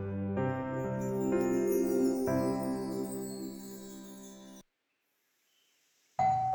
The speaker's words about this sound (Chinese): 快到9:30，走廊里回荡起外头大门响起的电铃声，姚妈立即往外走。